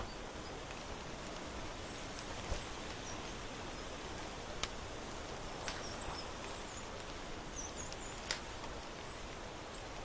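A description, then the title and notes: A porch in autumn: a steady, even hiss of outdoor air fills the whole clip, with a soft low rumble underneath. A few sharp, brief clicks or taps stand out around two and a half, four and a half, and eight seconds, plus faint high chirps. On the porch in autumn.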